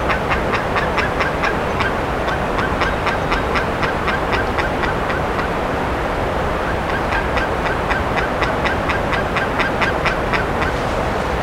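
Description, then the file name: Bird giving a long run of harsh, nasal calls in quick succession, pausing briefly midway, over a steady low rumble. "SABIOD 50 bird 2015"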